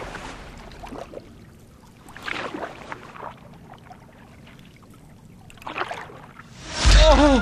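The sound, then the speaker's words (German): Two oars dip into water as a man rows a boat at night, with soft, rippling splashes at a slow, uneven rowing pace, ending in a sudden louder burst of sound. “Gedankenverloren kletterte er in sein Boot, fasste die beiden Ruder und tauchte sie rhythmisch ins Wasser.”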